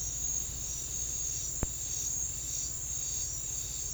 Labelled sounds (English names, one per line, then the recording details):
none
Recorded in secondary vegetation near Puerto Asís, Putumayo, Colombia, on 9 March 2025 at 08:30
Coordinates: 0.499, -76.323
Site G094